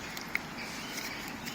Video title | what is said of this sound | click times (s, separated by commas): The Ultimate Guide: Floodlight Wiring with PIR & 3-Way Grid Switch | it will snap into place a bit hard with one end one sec there we go so | 0.4 s